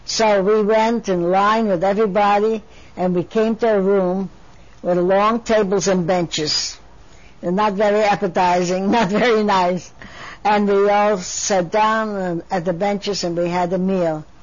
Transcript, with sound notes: So we went in line with everybody and we came to a room with long tables and benches. And not very appetizing, (she laughs) not very nice. And we all sat down at the benches and we had a meal.